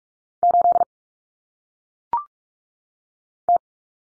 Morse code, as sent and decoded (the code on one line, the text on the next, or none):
---.. / -
8 T